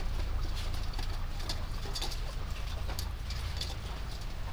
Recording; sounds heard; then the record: poultry house recording; healthy chickens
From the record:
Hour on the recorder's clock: 1